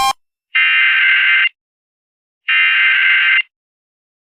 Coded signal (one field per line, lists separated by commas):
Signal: Emergency Alert System (SAME) tones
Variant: header bursts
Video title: EAS | AMBER Alert for Children Abducted by Unknown Suspect Near Seattle in G-Major 4